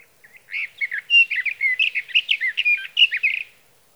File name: Sage Thrasher